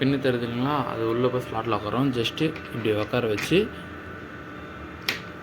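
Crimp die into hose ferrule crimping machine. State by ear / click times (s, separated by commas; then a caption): seated / 5.1 s. A metal crimp die for a hose ferrule crimping machine is set so its pin goes into the slot and pressed until it locks in place. Someone talks for the first few seconds, then a single sharp click is heard at 5.1 s as the die seats and locks into the machine.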